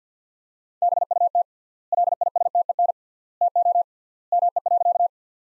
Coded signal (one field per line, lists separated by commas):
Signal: Morse code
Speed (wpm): 47 wpm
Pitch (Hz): 700 Hz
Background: none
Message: BUT LISTEN TO ME.